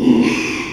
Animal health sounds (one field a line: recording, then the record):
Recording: squeal of a Yucatan mini pig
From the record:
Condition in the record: after surgery on the right vocal fold (resection and tissue-engineered implant)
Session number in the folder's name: 1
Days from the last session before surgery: 6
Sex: male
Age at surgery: 12 weeks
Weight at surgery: 13 kg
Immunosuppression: cyclosporine, prednisolone